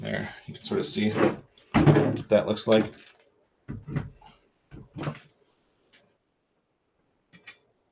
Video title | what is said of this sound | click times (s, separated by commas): PC Building | it didn't snap in which | none